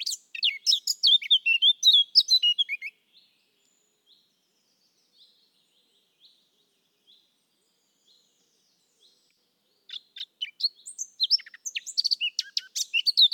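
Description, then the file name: Eurasian blackcap singing a fast, varied warble of scratchy and fluty notes for about three seconds, a pause with faint ticks, then another rich warbling phrase. "Sylvia atricapilla"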